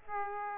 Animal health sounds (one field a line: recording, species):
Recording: mosquito wingbeat signal from an infrared sensor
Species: Aedes aegypti